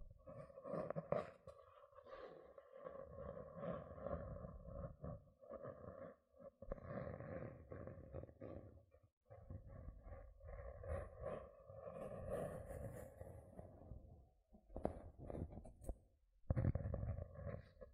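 Gentle scratching rasps on in a low, rough, muffled texture, pausing briefly around 2, 6.5, 9, 14.5 and 16 seconds, with faint crisp ticks mid-clip.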